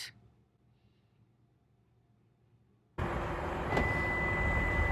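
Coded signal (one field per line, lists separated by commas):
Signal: beep code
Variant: Toyota smart key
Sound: near silence, then loud outdoor noise, a click, then one long steady high beep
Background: outdoor noise, door lock click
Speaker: lights flash long beep and you can hear all the doors click to unlock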